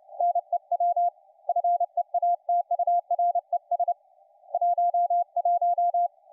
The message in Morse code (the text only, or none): NEW FEATURES 11